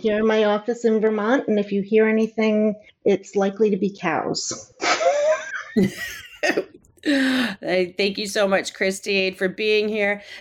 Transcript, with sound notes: I’m here in my office in Vermont, and if you hear anything, it’s likely to be cows. (laughs).
Thank you so much Christine for being here.